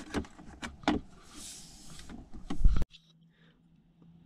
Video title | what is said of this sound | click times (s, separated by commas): Jaguar Ashwood Veneer upgrade | this in theory should just click into place annoying | none